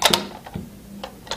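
A DSC WS4904 plastic wireless motion detector housing is handled and pushed back toward its wall mounting bracket after a battery change. Short plastic taps and ticks are heard, loudest near the start, with fainter ones later. Nothing has seated or clicked yet; the detector is not yet home on the bracket.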